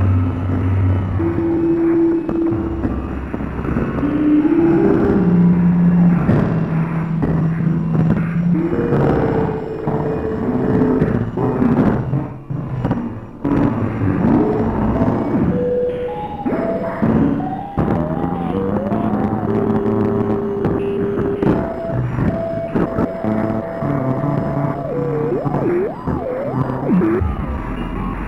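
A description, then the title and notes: Shortwave radio sounds drift in dense, steady static, with wavering tones sliding and holding in the low and middle range, brief dropouts near thirteen seconds. Shortwave composition recorded live from a 1950's analog radio.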